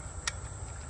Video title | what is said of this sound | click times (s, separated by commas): sling gun ഉപയോഗിക്കാം ഈസിയായി 🔥🎣 | ഒരു ടിക്ക് സൗണ്ട് കേൾക്കാം കണ്ടില്ലേ ഇതായി | 0.3 s